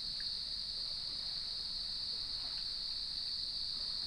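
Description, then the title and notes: Steady high cricket trill, unbroken and level, with a couple of faint brief sounds and a soft wash of waves below. Evening chorus at sunset on the beach of Lighthouse West Natural Area, Leelanau Peninsula, recorded by gnarled cedar trees with waves in the background. "Sounds of Leelanau Peninsula: Lighthouse West Natural Area. Nature is my Jam"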